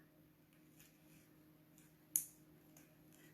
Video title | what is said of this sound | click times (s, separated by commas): Bead With Me: A Visit with Suzanne, making a 3 strand necklace | if you can hear it snap | 2.2 s